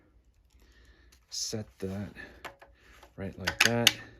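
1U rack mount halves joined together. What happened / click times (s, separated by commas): Handled, not yet home: the two mount halves have not snapped together / none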